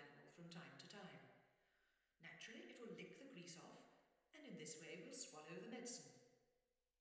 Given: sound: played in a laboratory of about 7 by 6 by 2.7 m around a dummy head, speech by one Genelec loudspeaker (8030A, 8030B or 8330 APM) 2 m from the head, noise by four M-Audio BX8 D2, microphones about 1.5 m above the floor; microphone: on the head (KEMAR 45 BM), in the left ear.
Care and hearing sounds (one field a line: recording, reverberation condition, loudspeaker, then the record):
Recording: female speech in English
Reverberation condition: high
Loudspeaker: 30 degrees to the left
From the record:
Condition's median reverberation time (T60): about 1300 ms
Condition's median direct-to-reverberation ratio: about -4.0 dB